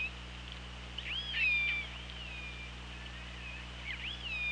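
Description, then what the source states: Orca calls underwater, several rising and falling whistle-like tones with bending contours, the clearest around the middle and near the end, over a steady low hum. Recorded by OrcaLab hydrophone, underwater, on 24 August 2017 at 17:37:14.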